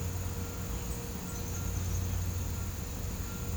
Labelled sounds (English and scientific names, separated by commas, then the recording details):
none
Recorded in pastures near Puerto Asís, Putumayo, Colombia, on 20 December 2024 at 08:00
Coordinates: 0.505, -76.324
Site G063